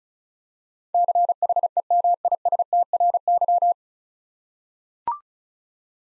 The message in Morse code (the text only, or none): CHEMISTRY